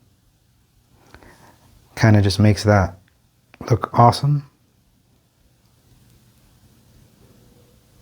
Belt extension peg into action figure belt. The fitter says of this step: and this just pops right in there